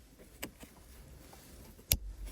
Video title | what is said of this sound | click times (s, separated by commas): Shift to Park Error FIXED - Fault Code B116229 VW / Audi - Micro Switch Bypass Repair | Okay, that's clicked in now. | 1.9 s